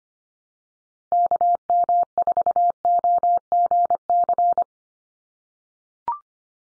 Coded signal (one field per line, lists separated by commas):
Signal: Morse code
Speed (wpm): 25 wpm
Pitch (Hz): 700 Hz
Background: none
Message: KM4OGC